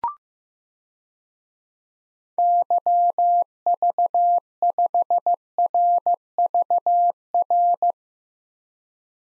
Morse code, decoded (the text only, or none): YV5RVR